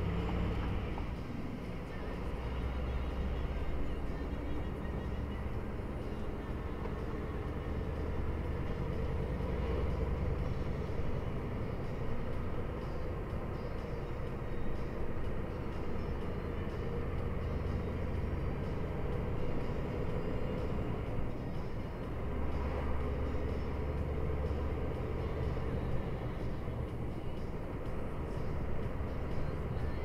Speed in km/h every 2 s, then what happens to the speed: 27, 34, 36, 39, 39, 41, 40, 38, 35, 44, 44, 44, 49, 54, 43.
0-9 speeds up to 41. 9-16 steady at about 38. 16-18 speeds up to 44. 18-30 steady at about 44.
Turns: 0-7.